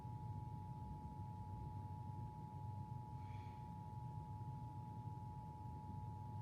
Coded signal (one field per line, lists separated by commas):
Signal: Emergency Alert System (SAME) tones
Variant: 853 and 960 Hz attention tone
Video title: Required monthly test EAS #18 07/3/18